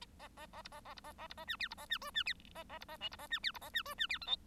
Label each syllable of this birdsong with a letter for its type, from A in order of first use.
A A A B A A B A A B A C D B A C E C D A A B A F B A C D B A C E C D G H